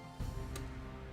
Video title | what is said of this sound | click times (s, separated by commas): 🔴 Building The LEGO CITY Freight Train (60336) Live! | okay please put that up and it will click in | 0.6 s